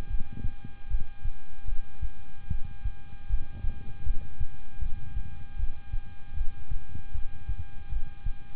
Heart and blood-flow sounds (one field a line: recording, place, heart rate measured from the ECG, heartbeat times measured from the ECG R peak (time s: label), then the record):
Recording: heart sounds by stethoscope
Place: between the tricuspid and mitral areas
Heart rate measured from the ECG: 77 bpm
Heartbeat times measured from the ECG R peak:
0.08 s: heartbeat
0.88 s: heartbeat
1.65 s: heartbeat
2.48 s: heartbeat
3.27 s: heartbeat
4.04 s: heartbeat
4.79 s: heartbeat
5.56 s: heartbeat
6.34 s: heartbeat
7.12 s: heartbeat
7.89 s: heartbeat
From the record:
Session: rest, lying down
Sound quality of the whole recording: good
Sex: male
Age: 26 years